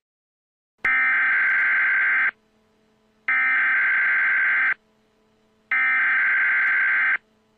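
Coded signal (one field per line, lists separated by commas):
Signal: Emergency Alert System (SAME) tones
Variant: header bursts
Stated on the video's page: Recreated EAS/EBS alert in a film-themed mock, not a real broadcast.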